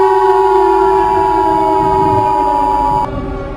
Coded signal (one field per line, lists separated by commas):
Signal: Emergency Alert System (SAME) tones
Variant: 853 and 960 Hz attention tone